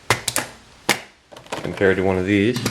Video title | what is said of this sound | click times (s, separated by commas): Promag HK93/Century 93/Vector 93 Magazine fix Part 2 | into the magazine well locks up securely | 0.1 s